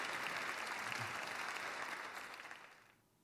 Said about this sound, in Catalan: Els aplaudiments que escoltaves i els agraïments és perquè és una gravació en directe feta en Londres l'any passat, en 2012, en la Round Chapel.